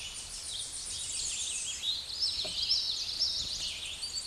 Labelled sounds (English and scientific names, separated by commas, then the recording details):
Common Yellowthroat (Geothlypis trichas) song
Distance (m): 15 m
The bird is about level with the microphone
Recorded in a Pennsylvania forest on 16 May 2024 at 09:35
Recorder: AudioMoth, point MSD-2110
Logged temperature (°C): 16.4 °C
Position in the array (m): 44 m, 170 m